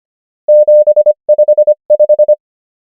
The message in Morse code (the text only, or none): 755